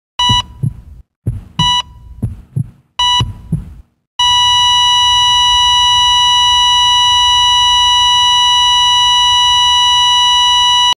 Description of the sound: Heartbeat flatline.